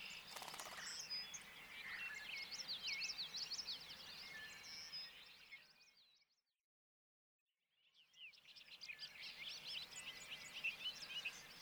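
Bobolink song: two long bursts of jumbled, bubbling and tinkling notes tumbling rapidly, split by a short silent gap, with soft background hiss.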